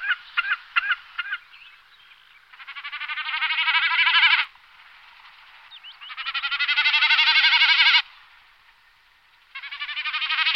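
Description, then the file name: Snipe: a few quick sharp calls, then three long, tremulous, bleating sounds that swell in loudness, the first two lasting about two seconds and the last cut off. "gallinago"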